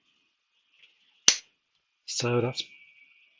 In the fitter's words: okay so I've shortened that outer cable a bit and it now shuts with a nice click